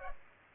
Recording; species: mosquito wingbeat signal from an infrared sensor; Culex pipiens